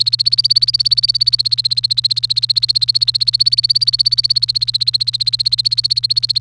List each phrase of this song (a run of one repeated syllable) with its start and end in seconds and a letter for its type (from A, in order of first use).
0.00-6.38 A